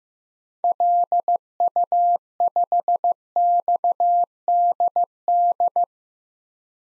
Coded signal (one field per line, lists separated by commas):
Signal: Morse code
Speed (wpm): 15 wpm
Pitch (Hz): 700 Hz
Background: none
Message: LU5XDD